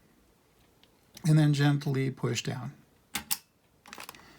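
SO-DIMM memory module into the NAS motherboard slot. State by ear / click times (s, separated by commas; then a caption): seated / 3.2 s, 3.3 s. A laptop-style SO-DIMM RAM stick, already inserted at an angle into the motherboard slot of a Synology DS718+ NAS, is gently pushed down. Someone talks, then the two side retention clips snap over the module with sharp clicks at 3.2 s and 3.3 s. A few faint ticks follow, and the module is seated.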